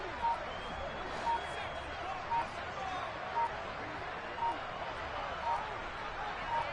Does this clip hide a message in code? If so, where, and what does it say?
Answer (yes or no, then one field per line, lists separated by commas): no